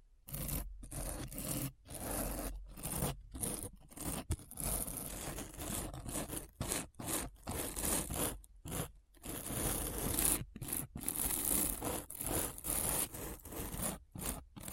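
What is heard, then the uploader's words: Scratching sounds come in repeated bursts, each lasting under a second up to a few seconds and separated by brief silent gaps. The scraping is dry and bright, with a hissy rub on top and a faint low rumble underneath, and its pace stays fairly steady throughout. ASMR Deep Brain Scratch (No Talking).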